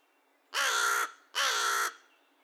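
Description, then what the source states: American crow calling two loud, hoarse caws, each lasting about half a second with a brief gap between them, over faint steady background hiss. Recorded 2 May 2020; a series of paired caws and one single caw.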